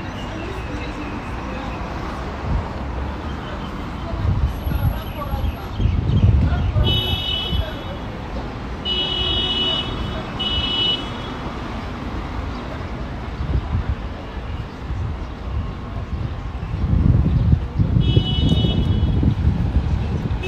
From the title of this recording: Walking In Modiin, Israel